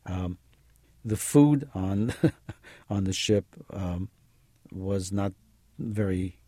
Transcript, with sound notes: The food on, (laughs) on the ship was not very